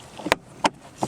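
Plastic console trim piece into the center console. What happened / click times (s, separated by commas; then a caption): The plastic trim piece snapped into place / 0.3 s. A removed plastic console trim piece on a 2003-2008 Toyota Corolla, taken out to change the automatic gear shifter light bulb, is pushed back into the center console. It snaps in with a sharp click at 0.3 s, followed by two more sharp clicks at about 0.7 s and 1.0 s. The trim piece is seated.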